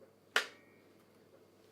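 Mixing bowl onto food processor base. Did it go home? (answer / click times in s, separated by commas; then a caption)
yes / 0.4 s. A mixing bowl is pushed or turned onto a food processor base until it locks. One sharp click sounds at 0.4 s, with a brief ringing tail, and the rest is quiet. The bowl is seated in place on the base.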